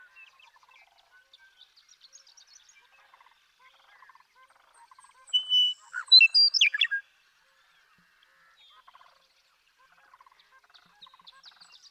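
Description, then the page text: Western meadowlark sings one bright whistled and gurgling song midway, with low repeated chattering of other birds throughout. Male western meadowlark (Bird 1) singing in Sierra Valley, eastern California, 2018. "Birdsong for the Curious Naturalist: Explore #7. The joy of western meadowlark songs. Come along with me to Sierra Valley in eastern California where, during 2018, I just couldn't get enough of them"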